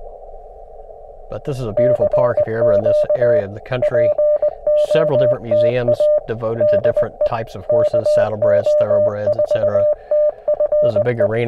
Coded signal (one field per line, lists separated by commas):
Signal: Morse code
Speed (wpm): 20 wpm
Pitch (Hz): 590 Hz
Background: speech, radio noise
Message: CQ POTA DE KO4TFE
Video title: QMX LIVES TO POTA ON! #cw #hamradio #parksontheair